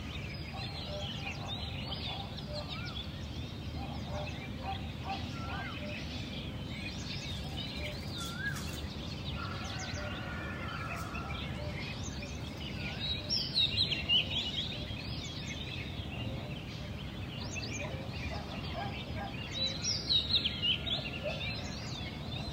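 Early-morning birdsong in Dali: many birds chirp and twitter one after another, overlapping steadily throughout. A constant low rumble sits underneath, and louder fowl-like calls rise briefly around 14 seconds and again near 21 seconds.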